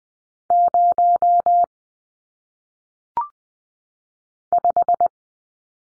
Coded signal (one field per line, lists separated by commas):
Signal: Morse code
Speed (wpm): 20 wpm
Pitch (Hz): 700 Hz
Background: none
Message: 0 5